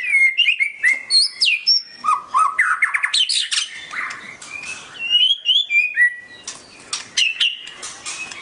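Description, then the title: Oriental magpie-robin song, a rich, fast run of varied whistles, slurred notes and sharp chirps in quick succession, with brief pauses between bursts. "Kicau Kacer"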